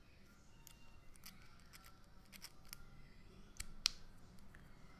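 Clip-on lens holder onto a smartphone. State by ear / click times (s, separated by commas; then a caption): seated / 3.9 s. A plastic clip-on lens holder from an mPOW 3-in-1 smartphone lens kit is pushed onto a smartphone again. Several faint ticks and scrapes come first, then the holder seats with one loud, sharp click at 3.9 s.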